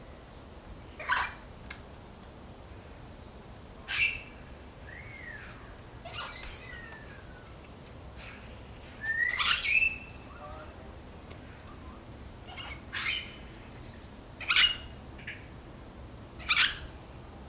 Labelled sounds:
Major Mitchell's Cockatoo call
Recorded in captivity
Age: adult
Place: Tierpark Berlin, Berlin, DE
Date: 1993-12-18
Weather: bedeckt, 2°C
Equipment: Marantz CP 430, Sennheiser MKH 416 T, Kopie Uher Variocord 263
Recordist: Tembrock, Günter

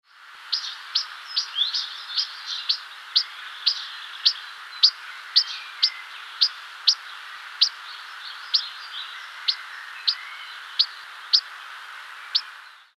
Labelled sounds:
European Pied Flycatcher
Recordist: Tembrock, Günter
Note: Rufe

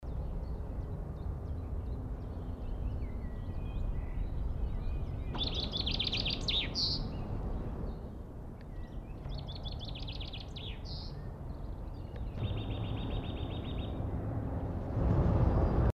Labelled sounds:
Common Chaffinch song
Common Chiffchaff
Eurasian Nuthatch
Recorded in the wild
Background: Phylloscopus collybita, Sitta europaea
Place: Hafling, Bozen, IT
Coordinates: 46.6569, 11.1383
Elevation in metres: 400
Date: 1981-03-27
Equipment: Uher 4000 Report, Sennheiser MKH 815 T
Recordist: Tretzel, Erwin
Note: Vor der Kirche, oberhalb Marling, Bozen, Italien: Gesang

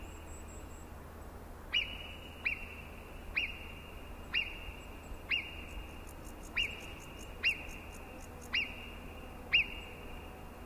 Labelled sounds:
Alpine Marmot alarm call
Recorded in the wild
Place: Brand, Alpen, Vorarlberg, AT
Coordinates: 47.0958, 9.71139
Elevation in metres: 1420
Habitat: alp
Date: 2010-07-20
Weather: fair, 20°C, weak winds
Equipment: Sound Devices 702, Sennheiser MKH 70, Rycote Windschutz
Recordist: Frommolt, Karl-Heinz
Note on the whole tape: Untere Brüggele Alpe: Warnrufe eines Murmeltieres. Tier nicht gesehen

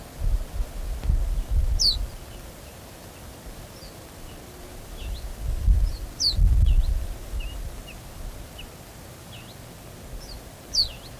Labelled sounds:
Ortolan Bunting begging call
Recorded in the wild
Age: juvenile
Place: Schloß Holte-Stukenbrock, Senne, Nordrhein-Westfalen, DE
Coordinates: 51.8683, 8.6575
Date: 1966-05-28
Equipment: Uher 4000 Report-S, Bändchenmikro Beyer M 260, Parabolspiegel Polyester (470 mm)
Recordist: Conrads, Klaus
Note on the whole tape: Waldrand südlich des Hofes Brock (Furlbach-Gebiet), am Roggenrand. Jungvogel, ein Tag nach Auslaufen: Bettelrufe

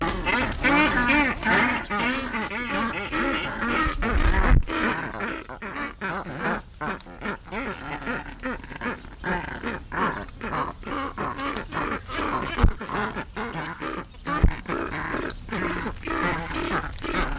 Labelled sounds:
Straw-necked Ibis call
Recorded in captivity
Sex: group
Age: adult
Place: Tierpark Berlin, Berlin, DE
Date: 1994-06-18 11:15
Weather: bedeckt, 12-15°C, dann Regen
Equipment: Marantz CP 430, Sennheiser ME 80, Kopie Uher Variocord 263
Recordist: Tembrock, Günter

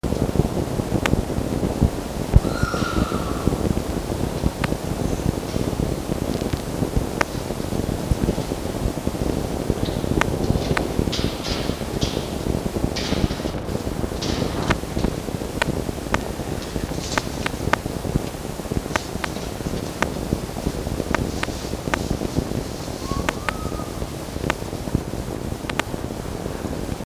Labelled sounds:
Red Fox
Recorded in captivity
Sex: male
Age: diverse
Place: Zoologisches Institut der HUB, Berlin, DE
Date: 1954-05-17 17:30
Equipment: Elmetra
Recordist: Tembrock, Günter
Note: Welpe Schluck: winselnder Laut (Begrüßung?); (1. bei Eltern, 2. bei Jau), daneben Jupp: Muffen (ohne Fleisch). Starke Störungen durch Störimpulse

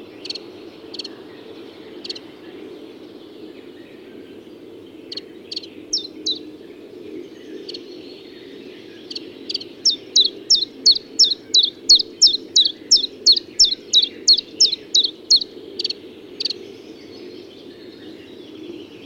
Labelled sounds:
Common Chiffchaff song
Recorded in the wild
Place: Anklam, Mecklenburg-Vorpommern, DE
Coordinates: 53.812, 13.861
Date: 1980-05-26 07:22
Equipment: Nagra III BH, Sennheiser MD 21, parabola
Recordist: Schubert, Michael

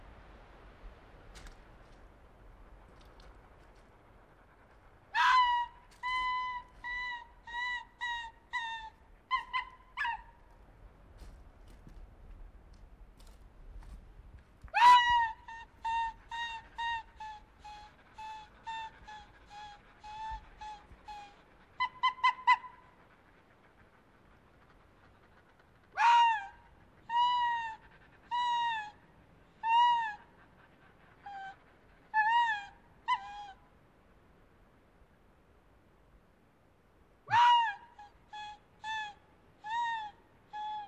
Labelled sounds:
Arctic Fox call
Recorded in the wild
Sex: male
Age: adult
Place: Insel Mednyi, Kommandeur-Inseln, RU
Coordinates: 54.5167, 168.083
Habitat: tundra
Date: 1999-07-26
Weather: fair, 11°C, no wind
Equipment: Sony TCD-D8, Sennheiser MKH 70, Windkorb
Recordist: Frommolt, Karl-Heinz

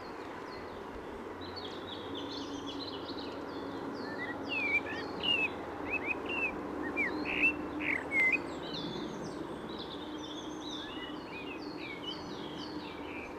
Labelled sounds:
Common Blackbird song
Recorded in the wild
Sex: male
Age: adult
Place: Garmisch-Partenkirchen, Bayern, DE
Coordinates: 47.4856, 11.1464
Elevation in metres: 936
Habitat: mountains
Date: 1973-04-27
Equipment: Nagra IV
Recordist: Tretzel, Erwin

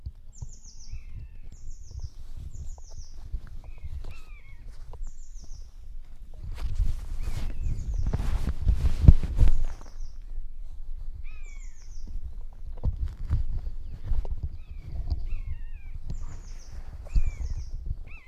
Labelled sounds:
Common Buzzard call
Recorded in the wild
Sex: pair
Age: adult
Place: Lohm, Havelland, Brandenburg, DE
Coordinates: 52.8839, 12.3572
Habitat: grassland
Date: 2007-05-19 06:05
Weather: heiter, 10°C, schwacher Wind
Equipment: Sound Devices 702, Sennheiser MKH 416-T, Windkorb
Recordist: Frommolt, Karl-Heinz

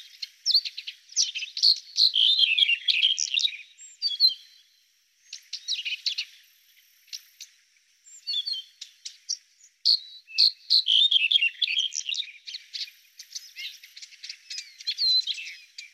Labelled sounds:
Red-headed Bunting song
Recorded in the wild
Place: Altyn Emel Nationalpark, KZ
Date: 2000-05-19
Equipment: MiniDisc Sharp MT 20 H
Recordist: Schwarz, Dieter
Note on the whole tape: Song

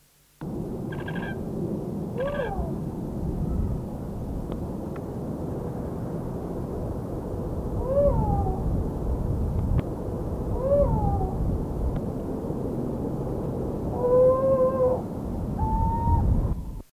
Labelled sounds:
Rufous-banded Owl call
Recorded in captivity
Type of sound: call
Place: Vogelpark Bad Schwartau, Schleswig-Holstein, DE
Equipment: Halbspur, 9,5 cm/s
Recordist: Lütgens, Hans
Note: Rufe

